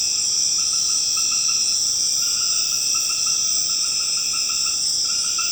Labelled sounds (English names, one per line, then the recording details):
none
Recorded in secondary vegetation near Puerto Asís, Putumayo, Colombia, on 12 March 2025 at 20:00
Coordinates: 0.485, -76.322
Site G040